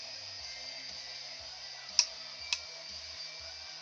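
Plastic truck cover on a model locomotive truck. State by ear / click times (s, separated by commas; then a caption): seated / 2.0 s. A plastic truck cover on a model locomotive truck is flipped back into place and snaps on with a sharp little click at 1.9 s, followed by a softer tick at 2.5 s. Faint music plays steadily in the background. The cover is seated.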